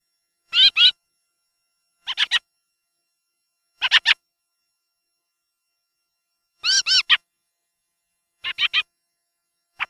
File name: CESENA VOC